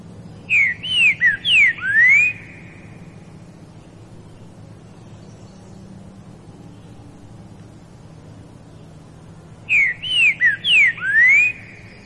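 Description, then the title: Green-winged saltator song: a loud whistled phrase of five slurred notes, mostly falling then a final rising slur, given twice about nine seconds apart, with low hum beneath. Classic song used for training birds. "Canto Clássico Trinca Ferro TREINAMENTO"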